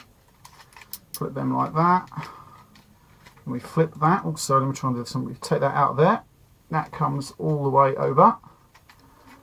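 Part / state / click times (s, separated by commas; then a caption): plastic transforming-toy part into its slot on the figure's body / seated / 8.8 s, 8.9 s. A part of a plastic transforming toy figure is swung all the way over during its robot-to-vehicle transformation and clicks into its slot on the figure's body. Someone talks throughout, with small handling ticks early on. Two quiet clicks at 8.8 s and 8.9 s mark the part seating into place.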